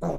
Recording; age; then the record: pig call; piglet (1 to 25 days)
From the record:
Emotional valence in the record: negative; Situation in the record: long isolation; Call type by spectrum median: low-frequency call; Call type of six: low-frequency modulated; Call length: 0.19 s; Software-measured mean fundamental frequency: 74 Hz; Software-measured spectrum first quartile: 165 Hz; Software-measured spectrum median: 387 Hz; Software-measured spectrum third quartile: 629 Hz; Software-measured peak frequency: 167 Hz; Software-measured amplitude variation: 95 dB a second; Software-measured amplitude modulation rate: 18.5 a second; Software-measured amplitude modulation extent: 5.1 dB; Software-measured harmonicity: 2.2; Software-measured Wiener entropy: -0.59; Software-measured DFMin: 1154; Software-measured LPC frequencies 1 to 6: 603, 2268, 3938, 6269, 7173, 8845 Hz